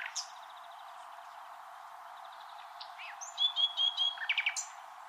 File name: Luscinia megarhynchos